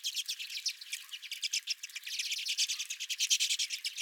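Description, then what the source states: Redpoll flock chatter, fast overlapping chit notes in a continuous dense burst, slightly stronger in the second half. Several redpolls recorded at the recordist's own bird feeder.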